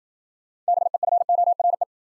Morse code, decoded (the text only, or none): BEFORE